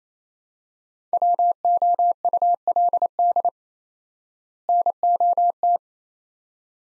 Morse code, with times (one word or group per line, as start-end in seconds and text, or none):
1.1-3.5 WOULD
4.7-5.8 NOT